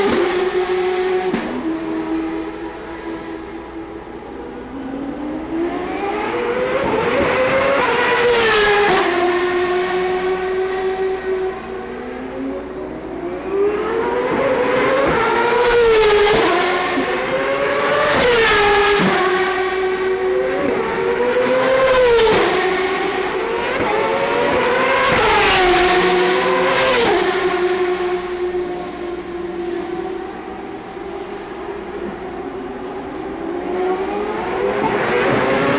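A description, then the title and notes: Turbocharged race cars scream past on a street circuit, engine notes rising as they accelerate and dropping sharply as they pass, around 9, 16, 18, 22, 25 and 27 seconds. Between passes a steady idling drone holds, with crowd-like rumble underneath. The Sounds of IndyCar, 1999 Vancouver. Incredible sounds from the 2.65-liter turbocharged V8s produced by Ford-Cosworth, Mercedes-Benz, Toyota, and those mighty Hondas. Vancouver street race.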